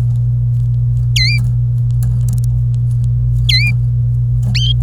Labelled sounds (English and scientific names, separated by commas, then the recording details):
Domestic Canary (Serinus canaria) song
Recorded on 26 April 2018 at 11:28
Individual llb3